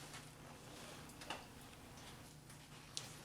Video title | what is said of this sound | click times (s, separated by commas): Nissan P0335 Crankshaft Position Sensor Replacement 2003 Altima 2.5 (2002-2006 Similar) | you'll hear it pop into place | 3.0 s